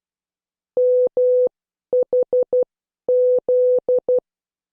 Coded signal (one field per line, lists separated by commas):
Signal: Morse code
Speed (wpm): 12 wpm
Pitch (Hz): 500 Hz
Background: none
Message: MHZ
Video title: Morse Code Class 10